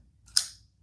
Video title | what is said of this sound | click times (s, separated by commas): Knife Sharpening | All you hear is the click after the blade comes out. | 0.4 s